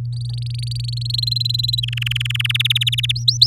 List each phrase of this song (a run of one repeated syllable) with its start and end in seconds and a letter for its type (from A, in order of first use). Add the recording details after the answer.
0.12-0.94 A, 0.97-1.80 B, 1.83-2.47 C, 2.49-3.12 D, 3.15-3.46 E. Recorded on 4 May 2018 at 06:27. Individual llb16